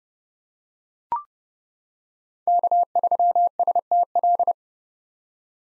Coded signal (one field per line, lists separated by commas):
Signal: Morse code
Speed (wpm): 30 wpm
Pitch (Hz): 700 Hz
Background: none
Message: K3STL